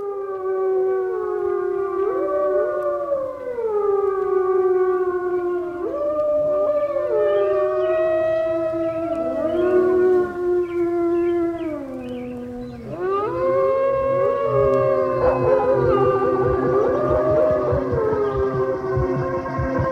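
wolves howling

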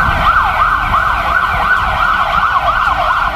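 fire engine siren

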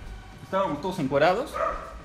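dog barking and growling

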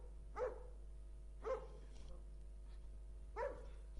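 dog barking

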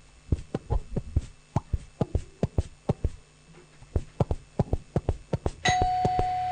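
doorbell ringing

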